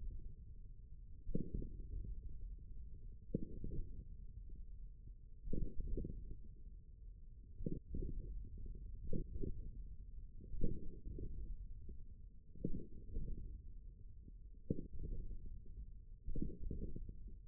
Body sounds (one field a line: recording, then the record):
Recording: forearm muscle sounds (acoustic myography)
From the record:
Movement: hook grip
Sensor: system 1, eight BSWA MPA416 microphones around the upper forearm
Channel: 7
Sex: male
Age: 41 years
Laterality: right